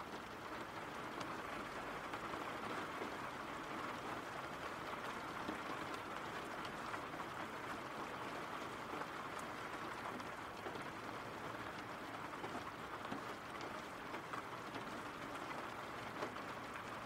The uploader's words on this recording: RAIN SOUNDS.